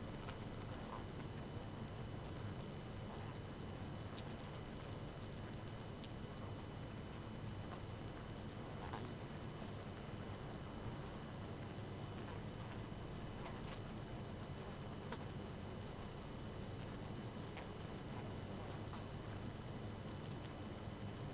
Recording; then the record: honeybee colony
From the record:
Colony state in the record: active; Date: 12 June 2018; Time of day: 2:02